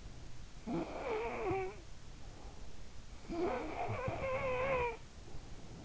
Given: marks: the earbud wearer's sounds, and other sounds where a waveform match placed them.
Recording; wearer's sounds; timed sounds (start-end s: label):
sounds in sleep by an in-ear microphone; snoring breath
0.19-2.10 s: snoring breath
2.99-5.47 s: snoring breath